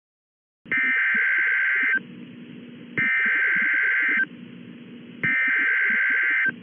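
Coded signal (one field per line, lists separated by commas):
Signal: Emergency Alert System (SAME) tones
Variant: header bursts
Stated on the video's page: Fictional tornado EAS scenario for Las Vegas, simulated and not meant to be realistic.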